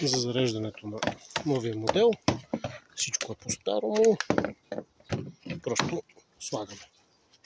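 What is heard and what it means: Someone talks while a charging cable plug is handled at the charging inlet of a Dacia Spring electric car, with a few short sharp handling sounds around 4.7 to 5.5 seconds. Nothing has seated or clicked yet; the plug is not yet home in the port.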